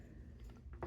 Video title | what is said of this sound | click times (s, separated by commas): zebco 33 platinum awesome affordable spin cast reel | a little plastic ring here just popped into place too on the end of the spool | 0.8 s